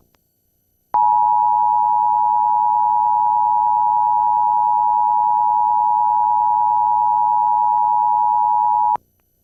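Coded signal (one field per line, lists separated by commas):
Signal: Emergency Alert System (SAME) tones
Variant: 853 and 960 Hz attention tone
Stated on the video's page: New Jersey Required Monthly Test, recorded off a MeTV broadcast station via cable and cut off by the cable system's own test.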